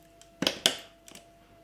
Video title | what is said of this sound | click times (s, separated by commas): Building my New 2400€ Editing PC | done all of them clicked in place | 0.7 s